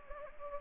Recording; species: mosquito wingbeat signal from an infrared sensor; Anopheles gambiae